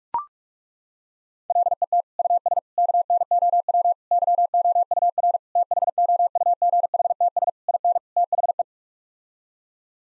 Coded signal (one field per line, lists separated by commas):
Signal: Morse code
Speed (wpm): 41 wpm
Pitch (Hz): 700 Hz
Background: none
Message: LET US KNOW YOUR THOUGHTS IN THE